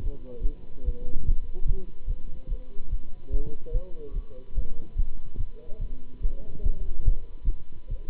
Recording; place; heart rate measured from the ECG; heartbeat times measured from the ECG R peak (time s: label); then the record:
heart sounds by stethoscope; between the tricuspid and mitral areas; 145 bpm
0.02 s: heartbeat
0.40 s: heartbeat
0.84 s: heartbeat
1.25 s: heartbeat
1.66 s: heartbeat
2.07 s: heartbeat
2.48 s: heartbeat
2.89 s: heartbeat
3.30 s: heartbeat
3.71 s: heartbeat
4.12 s: heartbeat
4.54 s: heartbeat
4.95 s: heartbeat
5.37 s: heartbeat
5.78 s: heartbeat
6.20 s: heartbeat
6.62 s: heartbeat
7.04 s: heartbeat
7.43 s: heartbeat
7.88 s: heartbeat
From the record:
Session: Bruce protocol treadmill stress test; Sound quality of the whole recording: good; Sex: male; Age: 26 years